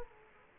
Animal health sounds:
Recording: mosquito wingbeat signal from an infrared sensor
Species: Culex quinquefasciatus

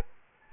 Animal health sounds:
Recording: mosquito wingbeat signal from an infrared sensor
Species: Anopheles gambiae

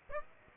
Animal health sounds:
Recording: mosquito wingbeat signal from an infrared sensor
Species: Aedes aegypti

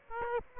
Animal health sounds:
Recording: mosquito wingbeat signal from an infrared sensor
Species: Aedes aegypti

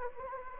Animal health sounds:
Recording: mosquito wingbeat signal from an infrared sensor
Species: Anopheles gambiae

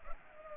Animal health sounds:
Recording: mosquito wingbeat signal from an infrared sensor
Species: Culex pipiens

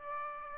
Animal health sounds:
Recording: mosquito wingbeat signal from an infrared sensor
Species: Aedes aegypti

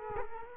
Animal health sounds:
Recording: mosquito wingbeat signal from an infrared sensor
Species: Culex quinquefasciatus

